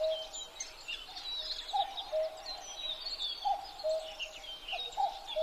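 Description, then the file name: Common cuckoo: repeated two-note calls of a common cuckoo, a higher note falling to a lower one, three times, with many small birds twittering and chirping above. Recorded 12 June 2011 at 03:53. "kakkou-20110612-0353"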